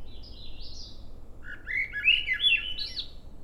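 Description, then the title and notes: Swainson's thrush: a soft high warble, then a louder breathy phrase spiraling upward in rapid flute-like notes, against a low steady background hum. Morning, 15 June 2017, 06:19; trail in Schoodic Division, Acadia National Park; mostly cloudy, 54 degrees, calm seas; peeper-like 'wee' calls of another Swainson's thrush in background; Fostex FR2, Sennheiser ME 64 shotgun mic. "Swainson's Thrush am. Swainson's Thrush (Spring Peeper-like sound in background -- "wee" call. is the call of another Swainson's Thrush) on trail to "Ocean Bench" off Sun Dew Trail, Schoodic Division, Acadia National Park. Mostly cloudy, 54 degrees calm seas"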